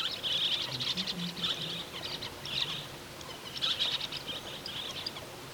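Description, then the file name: Andean parakeet calls: bursts of shrill, buzzy chirps, a brief lull in the middle, then another burst of chatter, with a faint low hum underneath. "andean parakeet"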